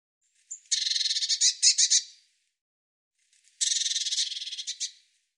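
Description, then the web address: Bird song: two harsh, buzzy bursts of rapid pulses, each about one and a half seconds long, separated by a short silence. "Deverinetal"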